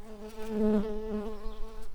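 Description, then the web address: Early bumblebee buzzing, a low droning hum that swells louder midway and wavers slightly in pitch. Workers. "bumblebees Pratorum-workers"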